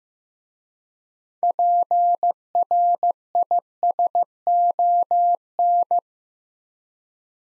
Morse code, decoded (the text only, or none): PRISON